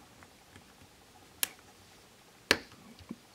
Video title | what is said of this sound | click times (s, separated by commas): Motorola Luge Headphone Audio Jack Replacement How To Change | make sure it clicks in | 1.4 s, 2.5 s